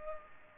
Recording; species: mosquito wingbeat signal from an infrared sensor; Culex pipiens